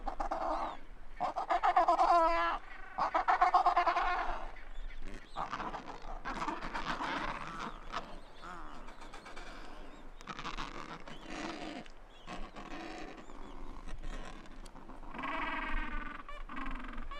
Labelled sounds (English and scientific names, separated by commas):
Adelie Penguin (Pygoscelis adeliae) call